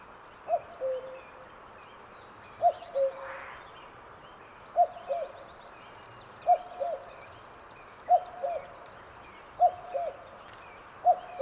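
Cuckoo repeating its falling two-note cu-coo steadily, seven times, over a quiet backdrop of bird chatter.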